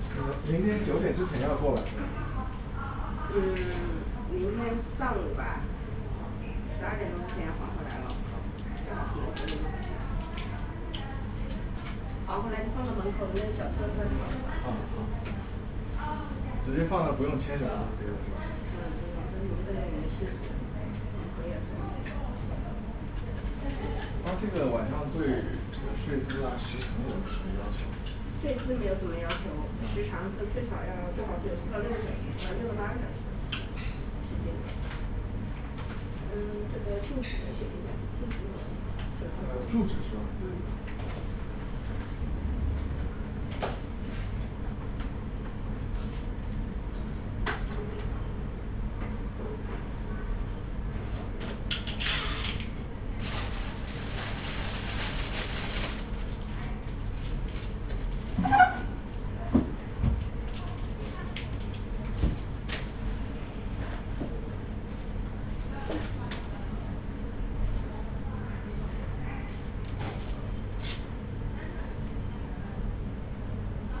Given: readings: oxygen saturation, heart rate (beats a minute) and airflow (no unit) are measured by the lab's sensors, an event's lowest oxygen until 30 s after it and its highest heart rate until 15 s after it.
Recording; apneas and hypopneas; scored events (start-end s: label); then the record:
a person awake in a sleep study, by a smartphone at the bedside; none
0.00-74.00 s: awake
0.00-74.00 s: awake
From the record:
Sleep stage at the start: awake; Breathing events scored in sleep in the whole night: 210 in 6.9 hours asleep